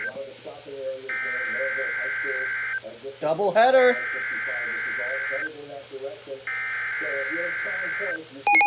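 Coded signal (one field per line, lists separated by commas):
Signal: Emergency Alert System (SAME) tones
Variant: header bursts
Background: speech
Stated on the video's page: Real EAS alerts recorded during severe weather in Illinois from the remnants of Tropical Storm Cristobal, including Tornado Warnings.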